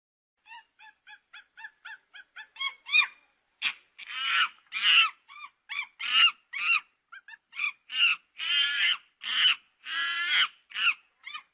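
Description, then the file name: Monkey calls: a run of short, clipped, tonal notes gives way to louder, harsher, wavering cries with brief gaps between them. "Tieng khi keu"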